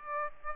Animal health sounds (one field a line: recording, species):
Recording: mosquito wingbeat signal from an infrared sensor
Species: Aedes aegypti